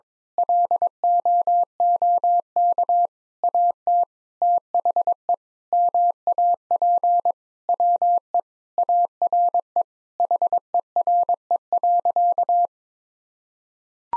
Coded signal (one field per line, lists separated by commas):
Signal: Morse code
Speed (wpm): 21 wpm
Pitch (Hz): 700 Hz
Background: none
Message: LOOK AT THE MAP WE ARE HERE.